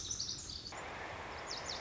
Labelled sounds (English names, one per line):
Lazuli Bunting